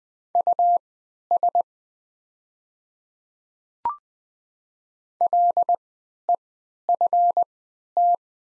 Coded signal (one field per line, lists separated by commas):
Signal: Morse code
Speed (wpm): 20 wpm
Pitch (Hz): 700 Hz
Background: none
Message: US LEFT